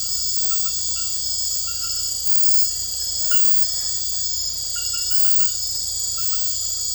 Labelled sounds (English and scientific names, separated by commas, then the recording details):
none
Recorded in dense forest near Puerto Asís, Putumayo, Colombia, on 19 February 2024 at 00:30
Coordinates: 0.487, -76.319
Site G6403